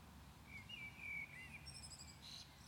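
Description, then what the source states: Common blackbird giving a short, mellow fluted phrase that trails into a faint high twitter, with steady background hiss. Recorded at Maindy.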